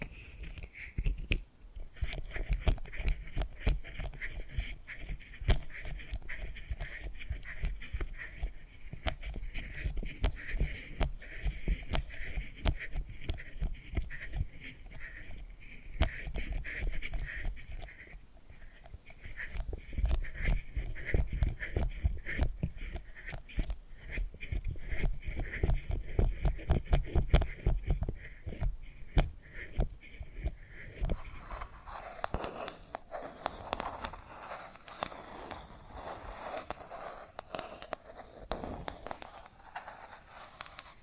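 Tapping and scratching sounds run in dense, rapid strokes, with a low thudding underlayer and a faint steady tone in the upper range. The pattern holds fairly even, growing fuller around the middle. After about 31 seconds it shifts to softer, airier scratching with less low thump.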